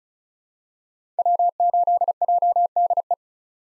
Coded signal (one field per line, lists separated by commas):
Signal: Morse code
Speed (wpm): 36 wpm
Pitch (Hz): 700 Hz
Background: none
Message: W8JDE